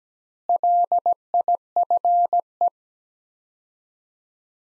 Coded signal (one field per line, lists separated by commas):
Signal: Morse code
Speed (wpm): 17 wpm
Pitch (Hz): 700 Hz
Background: none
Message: LIFE